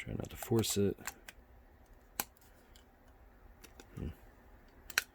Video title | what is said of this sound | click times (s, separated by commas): Winons Hot Wire Foam Cutter WFC-0001 Basic Review and Demo | Alright, that is snapped into place. | 5.0 s